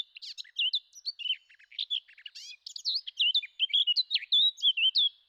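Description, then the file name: Eurasian blackcap song: a rapid, varied warble of chirps and clear fluting whistles, pausing briefly midway, then ending in richer, louder whistled phrases. "zwartkop"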